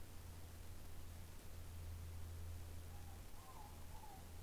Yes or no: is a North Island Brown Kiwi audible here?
no